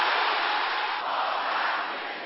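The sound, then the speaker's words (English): An audience shouts together during a prayer in Jesus' name, one sustained, loud collective roar, a dense wall of many voices holding steady for about two seconds with no single speaker standing out. “Can I hear you shouting it?”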